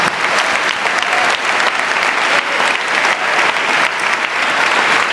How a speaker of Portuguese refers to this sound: Sabe, aplaudir ao Senhor por isso.